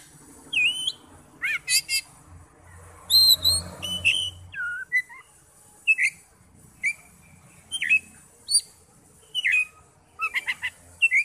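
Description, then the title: Oriental magpie-robin song of short whistled and downslurred notes spaced by pauses, over a low rumbling background early on. "Kacer"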